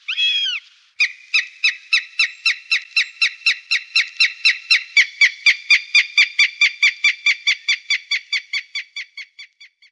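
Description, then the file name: Northern goshawk call: one long squealing note, then a steady, rapid cackling series of many short notes. "Duvhok"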